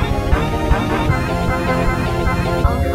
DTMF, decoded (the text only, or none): none